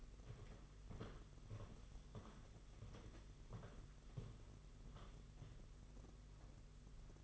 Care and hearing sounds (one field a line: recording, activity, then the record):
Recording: daily activity, microphone in the room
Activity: walk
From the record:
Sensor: 4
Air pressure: 992.4 hPa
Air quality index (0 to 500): 136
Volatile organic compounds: 59 ppm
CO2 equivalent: 3403 ppm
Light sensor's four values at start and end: 20/72/26/27 and 20/72/26/27